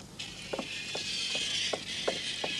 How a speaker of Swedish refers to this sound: Jag fortsätter att veva du. Det här är inte klart än inte.